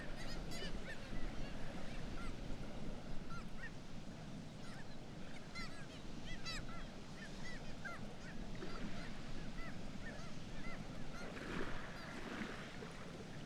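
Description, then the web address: Black-legged kittiwakes giving many short, arched nasal calls in overlapping bursts over a strong background roar. "sound Black-legged-kittiwake. صدای-پرنده-کاکایی-پاسیاه"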